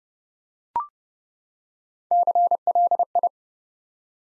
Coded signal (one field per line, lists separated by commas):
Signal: Morse code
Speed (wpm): 30 wpm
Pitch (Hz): 700 Hz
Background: none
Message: CLI